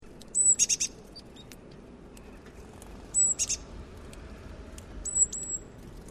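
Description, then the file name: Great tit calling: three short bursts of buzzy notes spaced a few seconds apart, with thin high whistled notes alongside them. "Rasvatihane haalitsus"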